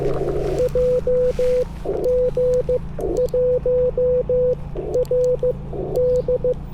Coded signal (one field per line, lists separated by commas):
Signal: Morse code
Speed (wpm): 15 wpm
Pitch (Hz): 500 Hz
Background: radio noise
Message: JG1RD